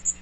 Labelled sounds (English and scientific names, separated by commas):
Magnolia Warbler (Setophaga magnolia) flight call